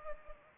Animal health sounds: mosquito wingbeat signal from an infrared sensor; Anopheles gambiae

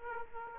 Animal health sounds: mosquito wingbeat signal from an infrared sensor; Aedes aegypti

